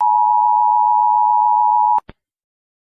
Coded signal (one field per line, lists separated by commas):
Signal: Emergency Alert System (SAME) tones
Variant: 853 and 960 Hz attention tone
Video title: Country animated eas alarms part 1